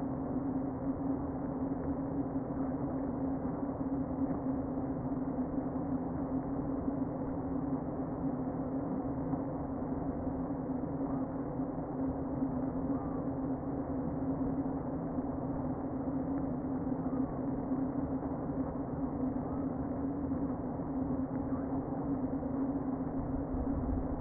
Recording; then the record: honeybee colony, microphone inside the hive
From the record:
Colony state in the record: queen present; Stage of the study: before two queens were removed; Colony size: about 60,000 bees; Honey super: yes